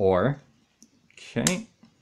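The rigid part of a plastic oar from a Playmobil 9105 Fairy Boat Carrying Case is handled at the toy boat's bracket while someone talks, with a few faint plastic handling ticks around 0.8 and 1.1–1.2 s. The oar has not seated or locked into place yet by the end of the clip.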